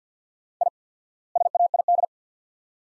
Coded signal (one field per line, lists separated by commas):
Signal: Morse code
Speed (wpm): 50 wpm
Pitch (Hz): 700 Hz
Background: none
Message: I SAID